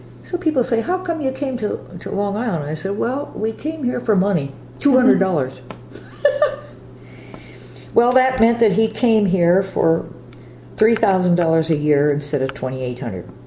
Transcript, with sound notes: So people say, "How come you came to Long Island?" And I said, "Well we came here for money. Two hundred dollars." [Laughter] Well, that meant that he came here for three thousand dollars a year instead of twenty-eight hundred.